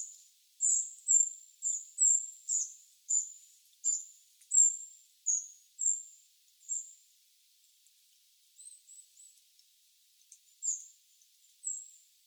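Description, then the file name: Eurasian wren call series: a quick run of high ticking notes, then a pause and a few softer, scattered ticks. "Troglodytes troglodytes"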